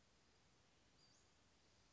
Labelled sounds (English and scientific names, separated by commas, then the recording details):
Western Flycatcher (Empidonax difficilis)
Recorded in Sonoma County, California